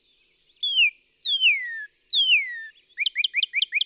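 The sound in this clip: Northern cardinal singing three long, loud whistles slurring downward, followed by a fast run of short rising chip-like notes.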